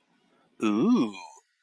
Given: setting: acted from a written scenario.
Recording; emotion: vocal sound without words; interest